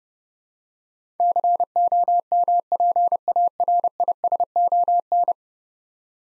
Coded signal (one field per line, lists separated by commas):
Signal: Morse code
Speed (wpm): 30 wpm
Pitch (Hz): 700 Hz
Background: none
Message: COMPARISON